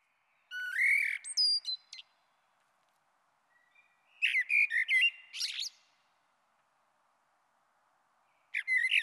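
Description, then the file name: Common blackbird giving mellow fluted song phrases with thin high squeaky endings, two full phrases separated by a quiet gap and a third starting at the end. "Merle Noir"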